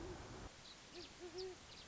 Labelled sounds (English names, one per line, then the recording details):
Great Horned Owl
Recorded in Sonoma County, California